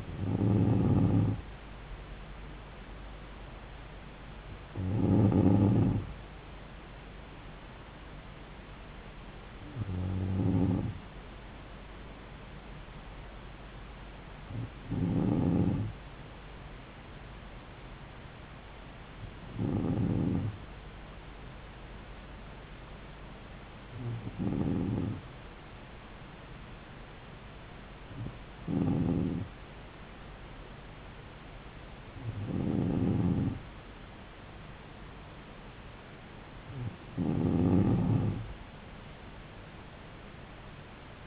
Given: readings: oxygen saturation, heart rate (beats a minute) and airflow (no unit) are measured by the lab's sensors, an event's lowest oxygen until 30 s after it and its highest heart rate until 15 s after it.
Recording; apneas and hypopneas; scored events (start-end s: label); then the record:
breathing in sleep by a voice recorder at the bedside; none
none scored
From the record:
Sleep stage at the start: N2 (light sleep); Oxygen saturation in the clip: 94 to 95%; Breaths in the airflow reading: 9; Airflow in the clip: -3.4 to 3.3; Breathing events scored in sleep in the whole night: 270 in 6.1 hours asleep